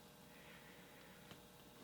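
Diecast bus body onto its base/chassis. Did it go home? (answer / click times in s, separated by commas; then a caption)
no / none. A customized 1:64 diecast bus body is pressed onto its metal base/chassis, with faint scraping and two brief ticks near 1.3 s and 1.9 s over a low background hiss. The body fails to snap onto the base, and nothing has clicked into place.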